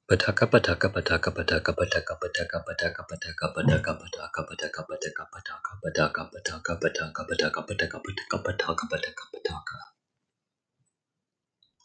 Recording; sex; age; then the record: repeated syllables /pa ta ka/; male; 20 to 29 years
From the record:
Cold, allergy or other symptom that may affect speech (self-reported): no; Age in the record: 29 years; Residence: California, United States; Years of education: 12